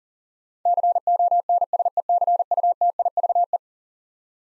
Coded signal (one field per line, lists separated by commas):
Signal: Morse code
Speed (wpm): 40 wpm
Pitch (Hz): 700 Hz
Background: none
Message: CONSECUTIVE